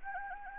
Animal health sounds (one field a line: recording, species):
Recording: mosquito wingbeat signal from an infrared sensor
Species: Anopheles gambiae